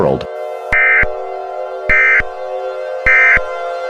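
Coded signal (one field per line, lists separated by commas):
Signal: Emergency Alert System (SAME) tones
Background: speech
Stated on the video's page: Fictional mini-scenario alert about robots.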